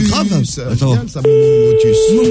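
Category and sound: signal or alarm, telephone busy tone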